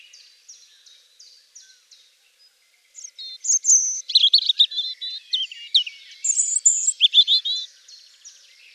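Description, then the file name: European robin song: soft high thin notes at first, then a rich burst of varied sweet trills and twittering phrases at high pitch. "Jeanchr Rochechr-chr Rougegorge"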